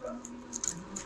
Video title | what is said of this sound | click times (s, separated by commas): Murang Ebike nasa Bocaue lang pala | so naka-lock na ayun oh nadinig niyo mga so hindi aandar yung | 0.6 s, 0.7 s